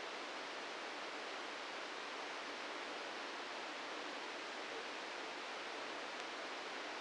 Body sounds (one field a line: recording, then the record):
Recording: brain microelectrode recording played as sound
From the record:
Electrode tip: outside the subthalamic nucleus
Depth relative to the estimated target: 4 mm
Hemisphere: right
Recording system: NeuroSet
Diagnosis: Parkinson's disease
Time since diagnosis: 9 years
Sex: male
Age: 61 years